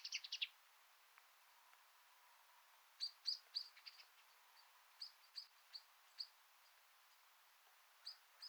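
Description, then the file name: Common blackbird giving sharp, high chink calls, a quick cluster at the start, then irregularly spaced single notes, over a faint steady hiss. "Turdus merula"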